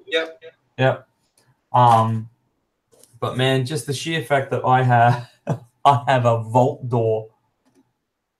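Someone talks while handling the vault door of a wargaming terrain building, with a few faint soft ticks near the end. Nothing has clicked or locked into place yet.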